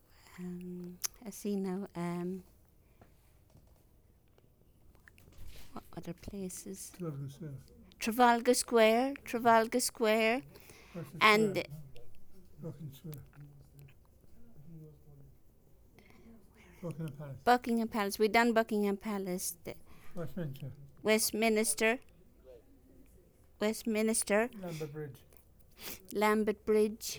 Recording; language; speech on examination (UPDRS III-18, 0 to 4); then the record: conversation on a phone call; English; 1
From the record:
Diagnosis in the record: healthy control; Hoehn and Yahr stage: 0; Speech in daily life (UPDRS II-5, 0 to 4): 1